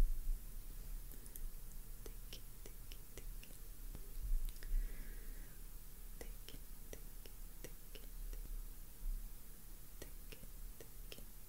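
Brushing across a face, heard as a soft, steady rustle with a low hum underneath. Sharp little ticks and clicks cut in every second or so, irregular but frequent, with a brief brighter swish around the fourth and fifth seconds.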